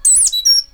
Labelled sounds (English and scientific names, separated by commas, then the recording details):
Stitchbird (Notiomystis cincta) song
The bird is a male
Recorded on Tiritiri Matangi Island, New Zealand, in 2005
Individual 8, of nest box 10